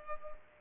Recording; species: mosquito wingbeat signal from an infrared sensor; Culex pipiens